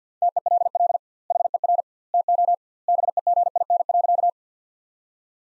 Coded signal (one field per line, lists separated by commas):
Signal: Morse code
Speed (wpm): 50 wpm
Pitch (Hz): 700 Hz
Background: none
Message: TELL HER TO BEGIN.